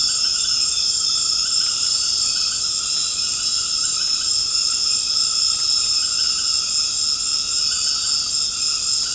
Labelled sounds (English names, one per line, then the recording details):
none
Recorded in secondary vegetation near Puerto Asís, Putumayo, Colombia, on 24 March 2025 at 20:30
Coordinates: 0.485, -76.322
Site G040